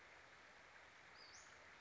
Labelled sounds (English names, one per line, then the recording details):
Western Flycatcher
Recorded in Sonoma County, California